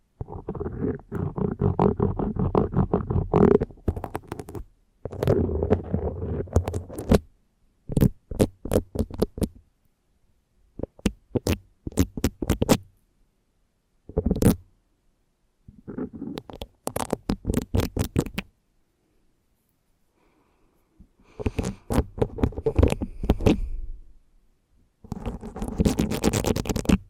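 Intense mic scratching comes in rough, dense bursts of rapid scraping clicks, low and rumbling, separated by short silences throughout.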